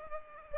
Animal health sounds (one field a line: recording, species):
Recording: mosquito wingbeat signal from an infrared sensor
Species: Culex pipiens